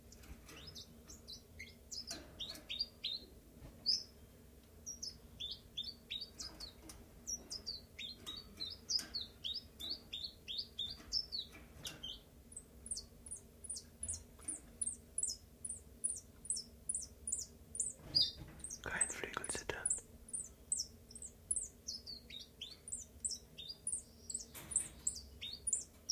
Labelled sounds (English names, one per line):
Common Chiffchaff